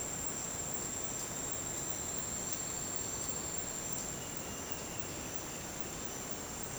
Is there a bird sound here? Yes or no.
no